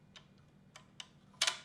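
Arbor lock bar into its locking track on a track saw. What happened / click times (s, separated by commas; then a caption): The lock bar is handled but has not yet locked home / none. The arbor lock bar on a plastic and metal Vevor track saw is pushed partway up so it slides into its locking track, giving faint ticks at about 0.8 s and 1.0 s and a louder pair of sharp clicks at 1.4 s and 1.5 s. The bar has not locked or seated yet.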